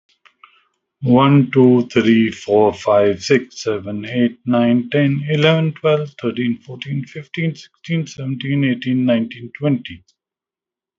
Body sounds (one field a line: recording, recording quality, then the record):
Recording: counting at a normal pace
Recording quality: excellent, no background noise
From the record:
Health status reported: COVID-19 positive, mild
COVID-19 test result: positive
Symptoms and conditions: cough, breathing difficulty, sore throat, fever, loss of smell and taste, pneumonia, diabetes, ischaemic heart disease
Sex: male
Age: 62 years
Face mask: not worn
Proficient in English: yes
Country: India